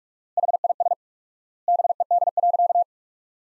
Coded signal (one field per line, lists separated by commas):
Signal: Morse code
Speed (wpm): 41 wpm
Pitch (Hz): 700 Hz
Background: none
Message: HIS BED.